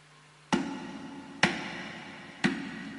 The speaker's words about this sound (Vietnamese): Tiếng gõ cửa rất vang, dường như phát ra từ phòng đối diện.